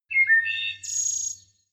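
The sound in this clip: Songbird singing a short phrase: whistled notes, then a higher buzzy trill that fades after about one and a half seconds, over a faint low hum.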